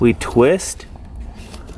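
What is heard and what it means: A key is inserted into the manual trunk release in the floorboard of a 2010 Nissan GT-R and twisted to open the trunk latch while someone talks. No pop is heard, and nothing has seated or clicked yet because the latch did not release.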